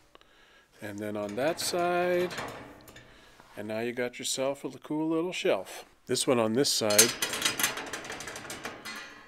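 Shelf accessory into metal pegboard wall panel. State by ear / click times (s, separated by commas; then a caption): seated / 7.9 s, 8.7 s. A shelf accessory is pressed into the holes of a metal pegboard wall panel while someone talks. Its other side locks into the panel with clicks at 7.9 and 8.7 seconds, seating the shelf in place.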